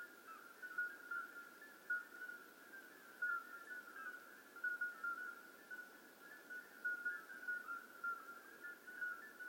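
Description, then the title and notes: Common midwife toads producing many soft flute-like peeps, overlapping continuously with occasional louder notes throughout. Hundreds of common midwife toads calling simultaneously at slightly different pitches in an old disused quarry, outskirts of Lerouville, just after midnight; calling begins at dusk and continues through the night. "Outskirts of Lerouville. Common Midwife Toads. Recorded by Colin Hunter. Music for Sleep project"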